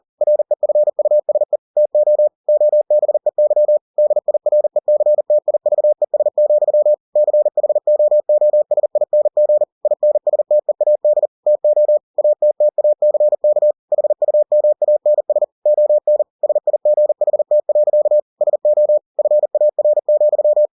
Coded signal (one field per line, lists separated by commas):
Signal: Morse code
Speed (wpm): 40 wpm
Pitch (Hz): 600 Hz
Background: none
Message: REFUSE TO OBEY DIRECTIVES, CHOOSING INSTEAD TO ATTACK HUMANS ON SIGHT. SO FAR,